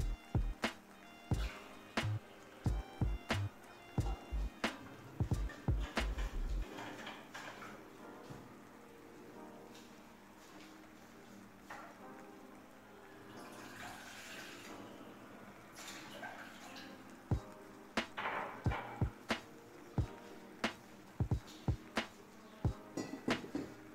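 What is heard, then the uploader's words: Rainy tea time ambience: sharp taps and clicks land in quick clusters, thickest in the first six seconds with low thuds beneath, then return after about seventeen seconds. A quieter middle stretch holds a soft steady hiss with faint murmuring tones. Rainy tea time ambience. Kitchen. Light rain.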